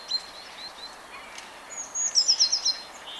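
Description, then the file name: Eurasian blue tit delivering one phrase near the end: a sustained high thin note then a fast string of sharp notes, with other birds chirping softly beforehand. "Cyanistes caeruleus"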